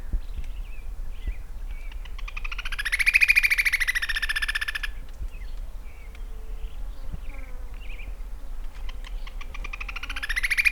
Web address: great xenops. صدای-پرنده-درفش-نوک-بزرگ